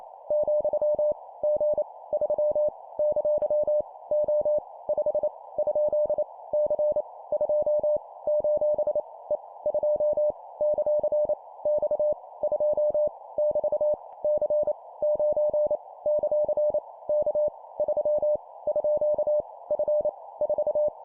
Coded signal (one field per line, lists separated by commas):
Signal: Morse code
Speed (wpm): 28 wpm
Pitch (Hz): 600 Hz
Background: none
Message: , G 3 ! O 5 ? C 2 : E 2 ; X 2 <BT> C 9 ; K 3 _ F 4